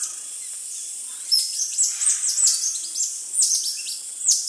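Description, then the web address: Cotton-top tamarin calls: a high hiss at first, then clusters of sharp, very high chirps and short downward whistles in quick, overlapping bursts. Primate of the South American rainforest. "Natures Songs S America Primates of the Rainforest Cotton-top tamarin"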